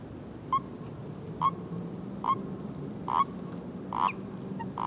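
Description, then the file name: Common toad mating call: brief croaking notes spaced about a second apart over a low rumbling background. "Erdkroete Paarungsruf"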